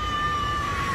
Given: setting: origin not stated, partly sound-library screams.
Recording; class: one-second piece from a danger detection set; woman in danger